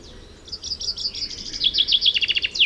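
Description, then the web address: Common chaffinch song phrase: thin notes building into a quick run of descending trilled syllables, closing with a sharp downward flourish, over steady low background noise. "chant xeno-canto pinson des arbres"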